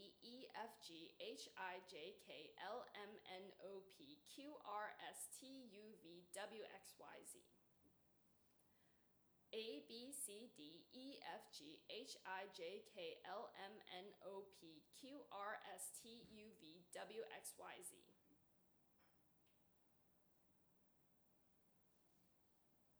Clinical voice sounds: letters of the alphabet, spoken; free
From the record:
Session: seven days later

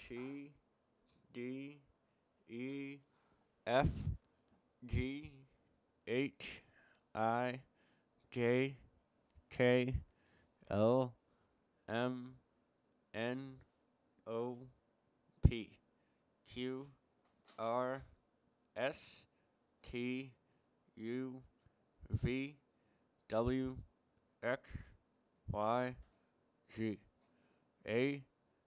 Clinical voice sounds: letters of the alphabet, spoken; constrained by a bite bar between the teeth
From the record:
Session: first day, right after the free take

